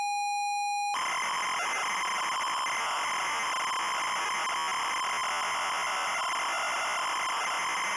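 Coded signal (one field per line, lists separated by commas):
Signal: ZX Spectrum tape loading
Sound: brief steady high pitched lead tone, then harsh buzzing screeching data warble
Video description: -Full tape loading sequence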